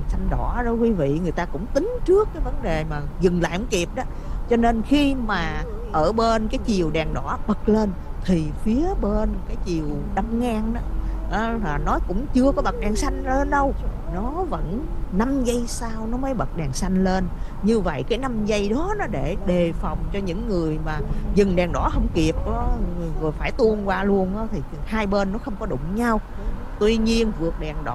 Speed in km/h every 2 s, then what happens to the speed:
61, 63, 64, 68, 68, 69, 71, 69, 69, 66, 64, 64, 63, 61.
0-10 speeds up to 69. 10-28 steady at about 66.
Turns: none.